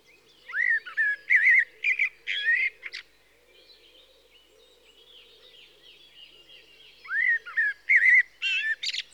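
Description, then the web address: Common blackbird song: a mellow warbled phrase ending in high scratchy notes, a pause of a few seconds, then another fluting phrase with a squeaky ending. "The BBC Sound Effects Library. Blackbird (Turdus Merula)"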